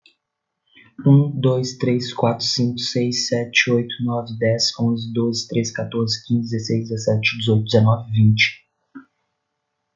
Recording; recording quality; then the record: counting at a fast pace; excellent, no background noise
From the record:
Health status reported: recovered from COVID-19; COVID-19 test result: positive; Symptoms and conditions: cold, fever, fatigue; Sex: male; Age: 30 years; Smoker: not ticked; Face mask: not worn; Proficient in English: no